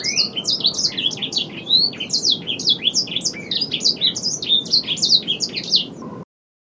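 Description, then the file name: Edel sanger: continuous high, squeaky warbling from the edel sanger, packed tightly with quick rising and falling chirps, over a soft low rumble, ending abruptly. Described as singing vigorously (gacor). "edel-sanger-gacor-2-omkicau"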